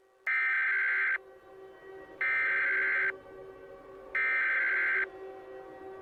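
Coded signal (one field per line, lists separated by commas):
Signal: Emergency Alert System (SAME) tones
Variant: header bursts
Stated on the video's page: Fictional EAS scenario.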